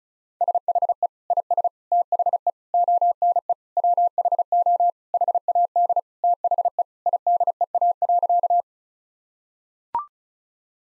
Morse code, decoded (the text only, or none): SHE IS THE ONE WHO HAD THE IDEA.